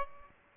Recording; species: mosquito wingbeat signal from an infrared sensor; Aedes albopictus